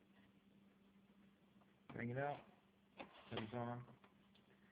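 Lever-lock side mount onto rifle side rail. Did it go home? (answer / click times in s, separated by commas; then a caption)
no / none. A lever-lock accessory mount is handled and brought up onto the side rail of a Saiga 223 rifle while someone talks, with a low steady hum underneath. A brief tick comes at about 3.0 s between the spoken phrases. The lever has not been pushed down and nothing has seated or clicked yet.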